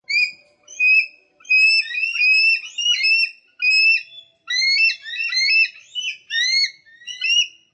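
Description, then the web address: Eagle squawking in bursts of thin, high whistled notes that chatter rapidly, with overlapping calls from more than one bird. Two eagles squawking excitedly. "Lynne Music. Two Eagles Squawking Excitedly"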